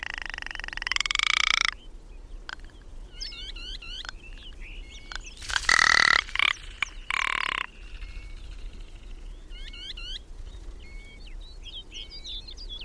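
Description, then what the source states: Ptarmigan harsh croaking rattles in several loud bursts, with higher chirps and trills between them. Mountain bird of the Cairngorms, Scotland, with plumage turning white in winter and feathered feet; incredible call.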